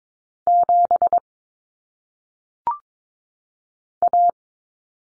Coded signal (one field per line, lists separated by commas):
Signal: Morse code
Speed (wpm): 22 wpm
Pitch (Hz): 700 Hz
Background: none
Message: 7 A